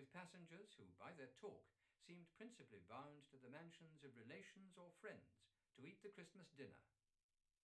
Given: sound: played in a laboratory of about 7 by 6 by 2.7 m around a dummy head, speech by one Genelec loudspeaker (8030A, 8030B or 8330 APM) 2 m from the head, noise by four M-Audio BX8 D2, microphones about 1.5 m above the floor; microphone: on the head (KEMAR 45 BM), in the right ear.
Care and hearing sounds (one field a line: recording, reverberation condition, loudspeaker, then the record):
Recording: male speech in English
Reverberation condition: low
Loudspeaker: 150 degrees to the right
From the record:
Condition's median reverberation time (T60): about 310 ms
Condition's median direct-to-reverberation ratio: about 3.5 dB